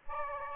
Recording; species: mosquito wingbeat signal from an infrared sensor; Aedes aegypti